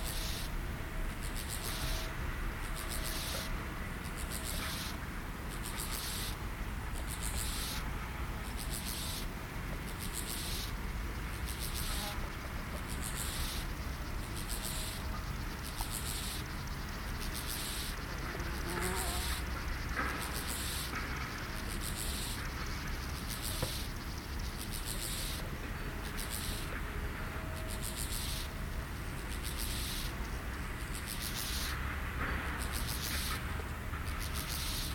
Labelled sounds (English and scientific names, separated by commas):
Steppe Grasshopper (Chorthippus dorsatus) stridulation